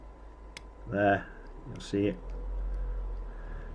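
The spring-loaded child-lock top cap on an Aramax Power Gold Edition vape tank is pushed down and turned, giving a single sharp click at 0.6 s as it seats. Someone talks around the click.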